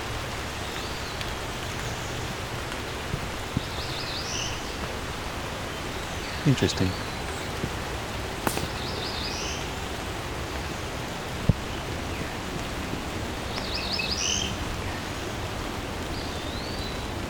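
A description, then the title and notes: A forest in Dundas Valley below the Niagara Escarpment, filled with a steady hiss like light rain or rustling that never lets up. Birds call now and then with short warbling trills, and a few sharp clicks and taps come through around six to nine seconds. Today I’m in the Dundas Valley, just below the Niagara Escarpment in Hamilton Ontario, one of the largest remaining Carolinian Forests in the region.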